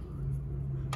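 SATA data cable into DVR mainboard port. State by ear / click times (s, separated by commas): seated / 0.9 s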